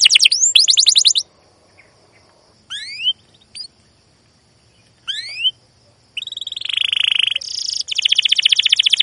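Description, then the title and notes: Canary song with quick trilled bursts and rising chirps separated by pauses, ending in a harsh buzzy roll and a rapid repeated trill. Canary recording used as a lure to train young canaries to learn to sing; song described as long, energetic 'cuit cuit' chirping with rolling phrases. "CUIT CUIT NGEROL LANGSUNG GACOR PANJANG Kenari Ini AMPUH Utk Pancingan KENAR. PANCINGAN Kenari GACOR PANJANG Cuit CUIT EMOSI ini AMPUH utk MASTERAN Kenari PAUD belajar BUNYI. burung kenari"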